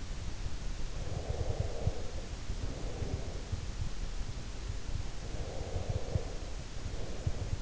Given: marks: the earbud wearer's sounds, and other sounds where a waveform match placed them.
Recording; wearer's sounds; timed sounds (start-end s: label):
sounds in sleep by an in-ear microphone; breath
0.88-3.64 s: breath
5.17-7.62 s: breath